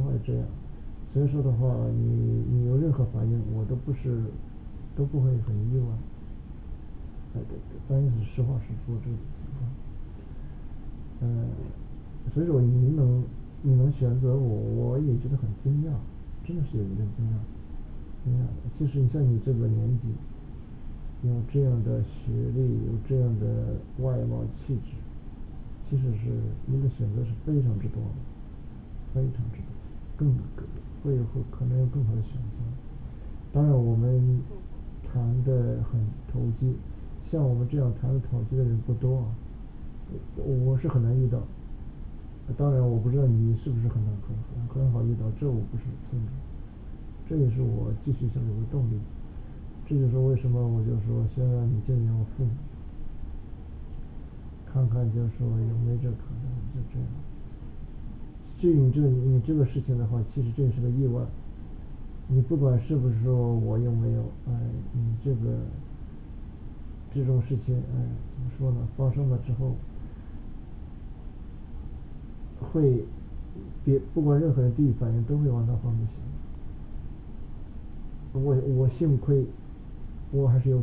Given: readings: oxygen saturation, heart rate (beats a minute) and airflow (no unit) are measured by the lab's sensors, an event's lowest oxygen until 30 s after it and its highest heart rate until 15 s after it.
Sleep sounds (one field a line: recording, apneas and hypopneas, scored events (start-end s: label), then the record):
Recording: a person awake in a sleep study, by a smartphone at the bedside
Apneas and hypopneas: none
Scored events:
0.00-80.83 s: awake
From the record:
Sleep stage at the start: awake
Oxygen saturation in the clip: 95 to 96%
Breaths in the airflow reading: 22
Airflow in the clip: -3.9 to 5.8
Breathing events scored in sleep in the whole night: 216 in 7.0 hours asleep